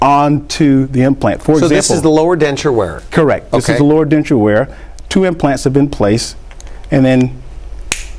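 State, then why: Seated. On a demonstration jaw model, a lower denture is pressed down onto two implant attachments while people talk, and it snaps into place with one sharp click at 7.9 seconds. The snap gives the denture stability, so it stays seated.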